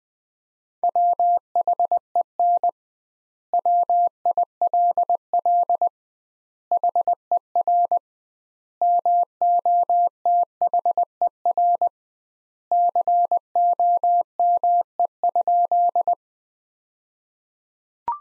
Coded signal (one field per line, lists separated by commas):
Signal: Morse code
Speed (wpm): 20 wpm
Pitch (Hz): 700 Hz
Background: none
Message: WHEN WILL HER MOTHER COME?